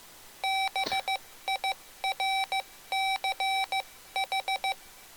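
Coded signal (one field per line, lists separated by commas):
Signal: Morse code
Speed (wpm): 15 wpm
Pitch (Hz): 770 Hz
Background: none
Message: BIRCH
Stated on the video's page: Morse sent by a Mr. Rags Macro Keyer kit using pre-programmed hard macros of standard CW QSO lines, in QSO mode.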